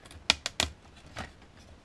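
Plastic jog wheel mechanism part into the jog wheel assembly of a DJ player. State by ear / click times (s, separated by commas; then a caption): not seated / none. During a jog wheel repair on a Pioneer XDJ-1000MK2 DJ player, a plastic jog wheel mechanism part with a straight nose is handled and slid into its guide in the jog wheel assembly. Three short, sharp ticks sound at about 0.3, 0.5 and 0.6 seconds, followed by a softer scrape near 1.2 seconds. The part has not snapped or seated yet.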